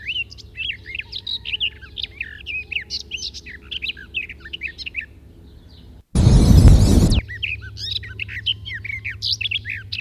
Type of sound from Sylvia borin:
song